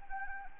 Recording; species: mosquito wingbeat signal from an infrared sensor; Anopheles arabiensis